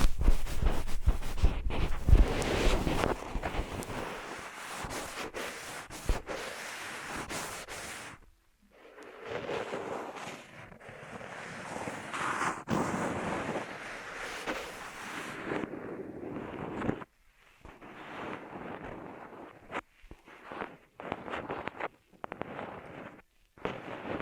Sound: Ear Massage Triggers